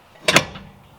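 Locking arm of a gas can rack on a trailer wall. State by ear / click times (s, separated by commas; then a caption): released / 0.3 s. The spring-loaded locking arm of a metal gas can rack on a trailer wall pops open with a sharp snap at 0.3 s when its pin is released. A second, louder clack follows at about 0.4 s, and a faint tick comes near 1.0 s. The arm is released and springs up under tension.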